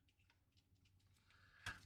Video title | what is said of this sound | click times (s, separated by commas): Crawler Canyon Live!! May 22 -- Giveaway Day, and additional twinning | I'm I'm never I'm never going to be mad about I did not get that thing snapped back in there correctly, did I? | 1.7 s